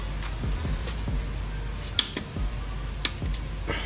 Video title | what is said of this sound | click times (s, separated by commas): How To Install Pride Autos' RWD Transmission Mount for Q50 Q60 | once you hear it click confirm again with another click | 2.0 s, 3.1 s